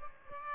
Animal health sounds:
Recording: mosquito wingbeat signal from an infrared sensor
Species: Aedes aegypti

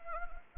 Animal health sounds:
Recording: mosquito wingbeat signal from an infrared sensor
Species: Anopheles gambiae

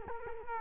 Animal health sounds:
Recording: mosquito wingbeat signal from an infrared sensor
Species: Culex quinquefasciatus

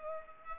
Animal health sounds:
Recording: mosquito wingbeat signal from an infrared sensor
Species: Aedes aegypti

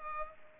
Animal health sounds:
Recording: mosquito wingbeat signal from an infrared sensor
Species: Culex pipiens

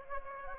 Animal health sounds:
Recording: mosquito wingbeat signal from an infrared sensor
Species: Anopheles gambiae

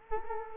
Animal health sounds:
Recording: mosquito wingbeat signal from an infrared sensor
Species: Culex quinquefasciatus

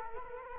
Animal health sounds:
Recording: mosquito wingbeat signal from an infrared sensor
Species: Culex quinquefasciatus

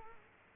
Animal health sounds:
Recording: mosquito wingbeat signal from an infrared sensor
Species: Culex quinquefasciatus

